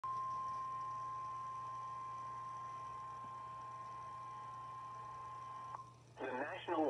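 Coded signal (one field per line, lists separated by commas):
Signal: Emergency Alert System (SAME) tones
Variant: 1050 Hz attention tone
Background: speech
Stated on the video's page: Severe thunderstorm warning tones from NOAA Weather Radio heard via an online stream.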